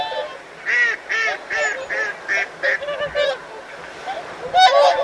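Whooper swans trumpeting, a clear run of evenly spaced loud bugling notes, then softer flock honks and a final loud burst.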